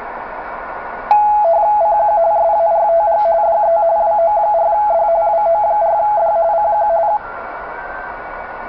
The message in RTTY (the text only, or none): CQ SARTG DE WO4D WO4D CQ